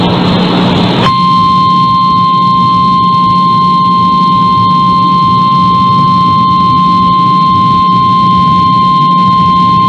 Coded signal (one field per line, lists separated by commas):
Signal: Emergency Alert System (SAME) tones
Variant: 853 and 960 Hz attention tone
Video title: EAS Required Monthly Test Mississippi Statewide Test NOAA Weather Radio +WeatherSTAR4000